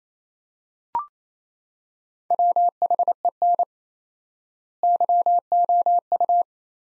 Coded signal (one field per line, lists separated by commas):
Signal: Morse code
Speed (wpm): 28 wpm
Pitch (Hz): 700 Hz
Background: none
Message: WHEN YOU